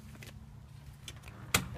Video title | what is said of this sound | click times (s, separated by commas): Kettler Top Star XL Review | in this one you'll hear it click and the table just goes up like that | 1.5 s